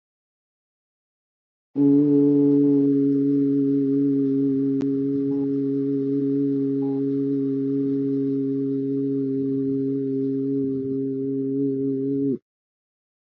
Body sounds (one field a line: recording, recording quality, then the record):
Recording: sustained vowel as in boot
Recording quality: excellent, no background noise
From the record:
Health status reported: healthy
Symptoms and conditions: none ticked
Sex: male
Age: 79 years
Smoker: not ticked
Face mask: not worn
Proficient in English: yes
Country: India